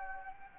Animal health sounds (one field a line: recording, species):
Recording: mosquito wingbeat signal from an infrared sensor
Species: Anopheles gambiae